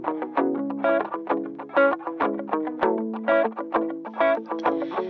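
A song's instrumental passage plays, with a steady rhythmic pulse of bright, effect-laden chords and sustained tones. No voice comes in during this stretch.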